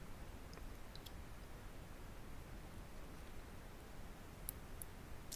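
A 2 GB micro SD card is pushed into its SD card adapter, which is used to read it on a laptop. Faint ticks come before a sharp, brief click at 4.5 s, with a few smaller ticks after it over a quiet background. The card seats in the adapter with a clean click.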